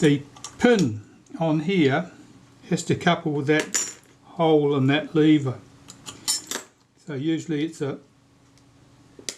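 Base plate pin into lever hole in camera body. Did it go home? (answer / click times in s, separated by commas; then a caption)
yes / 9.3 s. Someone talks while fitting the metal base plate, its front edge chewed out, onto a Retina Reflex III film camera, wriggling it so the plate's pin couples with the hole in a lever in the camera body, with a few faint handling taps around 5.9–6.5 s. At 9.3 s the plate drops into place with a sharp click, and it is now seated correctly in position.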